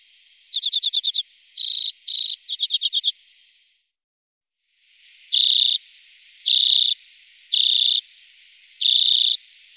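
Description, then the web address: Common redpoll calls: rapid runs of dry chattering notes followed by a pause, then four longer buzzy notes spaced about a second apart. "Faglar Sound Grasiska"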